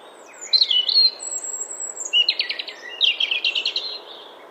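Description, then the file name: European robin singing a continuous phrase of sweet high whistles, sliding notes and quick rattling trills, one run flowing into the next, with faint low background hiss. "Erithacus rubecula"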